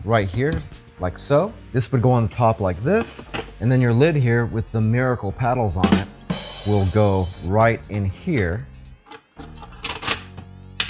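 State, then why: Seated. Someone talks while setting the plastic lid holding the paddle onto the base of a Cuisinart CIM-46PC ice cream maker, over the freezer bowl, and turning it. A faint tap comes at 9.9 s, then a sharp click at 10.8 s as the lid locks into place.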